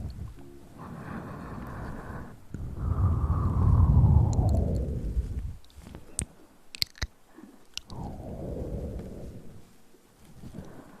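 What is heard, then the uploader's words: Hand and mouth sounds: a low rumbling rush swells from about 2.5 seconds, peaks near 4, then fades by 6, with a second softer sweep near 8 seconds. Sharp clicks and snaps cluster between 6 and 8 seconds, over faint rustling. ASMR Hand Sounds & Movements, Mouth Sounds.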